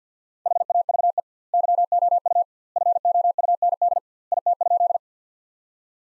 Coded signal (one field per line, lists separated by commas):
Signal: Morse code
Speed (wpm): 47 wpm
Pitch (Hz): 700 Hz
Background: none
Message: HAVE YOU FOUND IT?